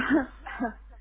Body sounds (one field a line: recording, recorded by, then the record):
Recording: voluntary cough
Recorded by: telephone call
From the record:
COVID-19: positive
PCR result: checked with the laboratory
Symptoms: yes